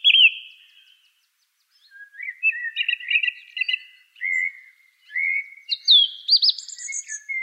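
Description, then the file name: Song thrush singing a sequence of varied whistles and warbles, from a short high note to lower twittering phrases and a high wavering flourish. "suara-kicauan-burung-song-thrush -omkicau"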